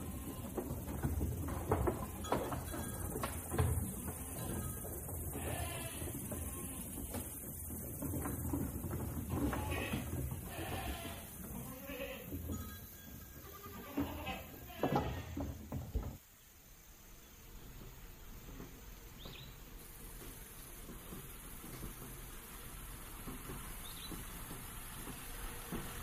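Farm animals on a farm: for about sixteen seconds there is a busy jumble of low rumbling, scattered calls and bleat-like cries over steady noise. The activity then stops abruptly, leaving only a faint, even hiss with a thin high whine for the rest of the clip.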